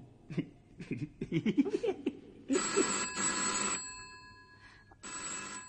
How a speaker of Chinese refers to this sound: 啊！哇！而家八点九噶啦，边个打电话嚟咧？唔通系佢？